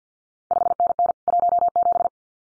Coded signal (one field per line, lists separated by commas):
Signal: Morse code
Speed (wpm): 50 wpm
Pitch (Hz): 700 Hz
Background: none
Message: 5NN 17